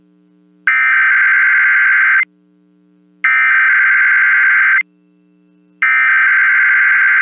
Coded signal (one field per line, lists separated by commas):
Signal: Emergency Alert System (SAME) tones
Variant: header bursts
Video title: EAS Required Monthly Test Rochester, New York +WeatherSTAR4000